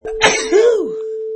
Sneeze.